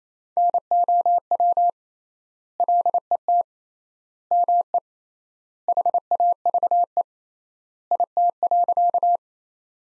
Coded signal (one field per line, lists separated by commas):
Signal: Morse code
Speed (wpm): 28 wpm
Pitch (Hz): 700 Hz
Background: none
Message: NOW LET ME HAVE IT.